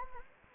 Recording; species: mosquito wingbeat signal from an infrared sensor; Anopheles gambiae